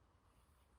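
A cache expansion card is lined up with the plastic knockouts (standoffs) and handled over the slot of a 68040 Mac motherboard in a Centris 650. Only a steady, low broadband noise with a rumbling low end is heard, with no distinct sudden sounds. Nothing has seated or clicked yet.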